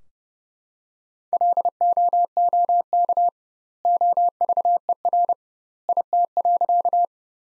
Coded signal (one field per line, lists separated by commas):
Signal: Morse code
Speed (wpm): 31 wpm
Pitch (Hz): 700 Hz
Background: none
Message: LOOK OVER IT.